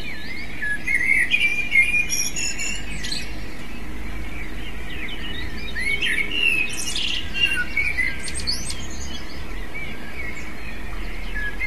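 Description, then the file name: Eurasian blackbird song, softer mellow warbled phrases with squeaky high tails, in two bursts separated by a quiet gap, low rumble throughout. "merle"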